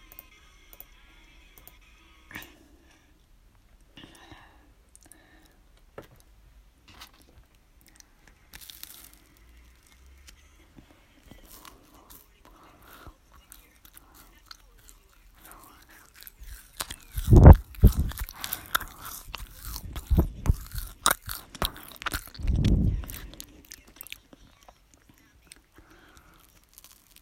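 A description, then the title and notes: Quiet, sparse clicks and small taps fill the first half, with faint rustling and soft handling. From about seventeen seconds, crunching and chewing bursts arrive in clusters, loudest near seventeen and twenty-two seconds, then fade to light scattered sounds. Sʟᴜʀᴘɪɴɢ, ᴄʜᴇᴡɪɴɢ, ᴄʀᴜɴᴄʜɪɴɢ, ᴛʏᴘɪɴɢ, sᴛɪʀʀɪɴɢ ᴀɴᴅ ᴀʟsᴏ ᴀɴɪᴍᴇ ɪɴ ᴛʜᴇ ʙᴀᴄᴋɢʀᴏᴜɴᴅ.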